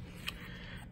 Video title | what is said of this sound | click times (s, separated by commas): Disney Mystery Pin Unboxing! | her she's terrifying and it makes a nice click and | 0.3 s